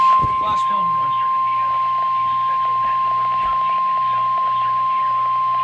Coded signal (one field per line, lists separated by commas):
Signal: Emergency Alert System (SAME) tones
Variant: 1050 Hz attention tone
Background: speech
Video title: (DOUBLE HEADER!!) Severe Thunderstorm Warning FOR MY COUNTY! and Flash Flood Warning (EAS #172-175)